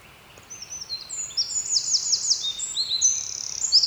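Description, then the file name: Eurasian wren giving a fast, high-pitched song of tumbling notes that ends in a dry rattling trill, over soft background noise. "Troglodytes troglodytes"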